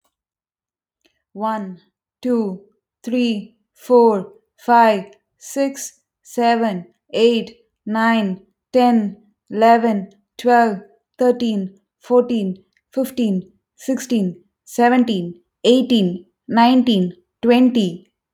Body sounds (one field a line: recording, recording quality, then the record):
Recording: counting at a normal pace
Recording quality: excellent, no background noise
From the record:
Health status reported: healthy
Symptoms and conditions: none ticked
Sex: female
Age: 28 years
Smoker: not ticked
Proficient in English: yes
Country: France